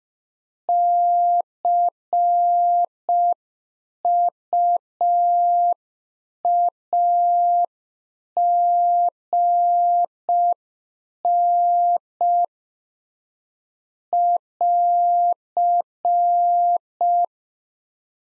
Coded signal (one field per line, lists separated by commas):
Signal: Morse code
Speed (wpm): 5 wpm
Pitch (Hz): 700 Hz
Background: none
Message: CUAGN <AR>